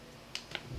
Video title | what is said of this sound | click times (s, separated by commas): Unboxing, setting up, and testing the print quality of the Brother SP1 Sublimation Printer | and you'll hear a click. | 0.4 s, 0.5 s